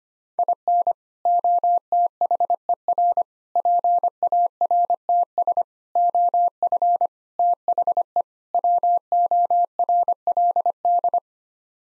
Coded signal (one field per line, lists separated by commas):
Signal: Morse code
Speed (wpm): 25 wpm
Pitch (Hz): 700 Hz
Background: none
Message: IN OTHER PARTS OF THE WORLD